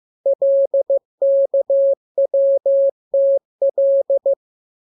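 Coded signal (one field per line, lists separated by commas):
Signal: Morse code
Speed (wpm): 15 wpm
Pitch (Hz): 550 Hz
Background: none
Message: LKWTL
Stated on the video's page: Morse lesson 13 with letters KMURESNAPTLWI; each radiogram opens with VVV and a section sign, and ends with AR.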